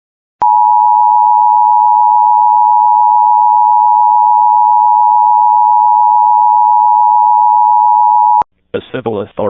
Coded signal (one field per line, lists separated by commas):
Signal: Emergency Alert System (SAME) tones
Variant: 853 and 960 Hz attention tone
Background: speech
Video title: Extremely RARE for North Dakota Boiling Water Notice/CEM (EAS 87)￼￼￼